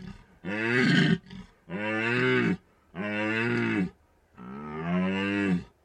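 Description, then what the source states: Red deer stag bellowing: four long, coarse, throaty roars with short gaps between them, the first followed by a brief catch. Stags rutting in the Carpathian Mountains, Bucovina, Romania.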